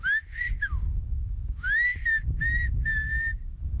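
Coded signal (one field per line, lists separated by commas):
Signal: whistled language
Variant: Silbo Gomero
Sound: a sharp whistled phrase of about seven gliding segments, rising and level tones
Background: low wind rumble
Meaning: Good evening and welcome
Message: bonsoir et bienvenue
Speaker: Là, je viens de dire bonsoir et bienvenue.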